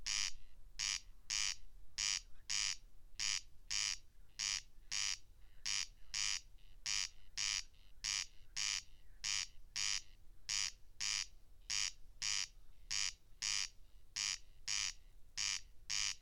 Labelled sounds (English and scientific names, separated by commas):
Corn Crake (Crex crex) song